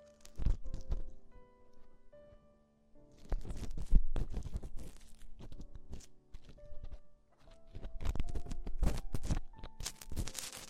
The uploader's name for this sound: Extremely Tingly Ear Exploration